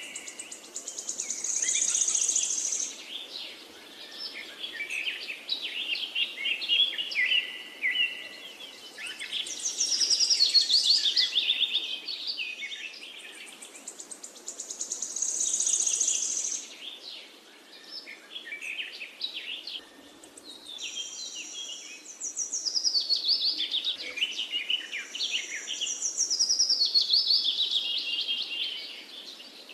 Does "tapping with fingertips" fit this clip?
no